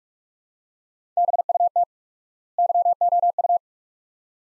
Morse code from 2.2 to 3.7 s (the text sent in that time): YOU